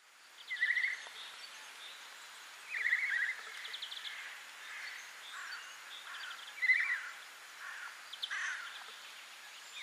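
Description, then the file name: Eurasian jay giving harsh, rasping calls, three or four bursts spaced several seconds apart, while smaller birds twitter in higher, thinner notes. "Garrulus glandarius"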